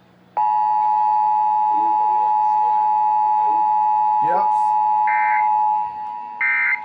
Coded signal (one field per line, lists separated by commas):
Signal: Emergency Alert System (SAME) tones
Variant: 853 and 960 Hz attention tone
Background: speech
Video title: GOODBYE 2019!!! EAS Alerts from 12/3/19 - 12/19/19 (EAS #3,507 - 3,542)